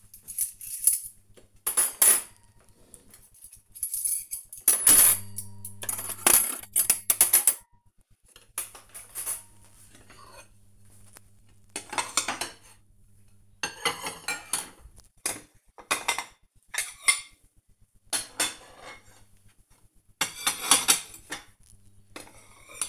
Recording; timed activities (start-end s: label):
household activities, microphone on the right wrist
0.00-22.89 s: putting away the dishes